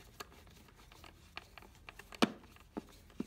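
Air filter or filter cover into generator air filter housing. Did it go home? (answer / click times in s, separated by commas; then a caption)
yes / 2.2 s. An air filter or its cover is pressed into the air filter housing of a Predator 2000W portable inverter generator during reassembly. A few faint handling clicks come first, then a sharp, loud pop at 2.2 s as the part seats properly into place.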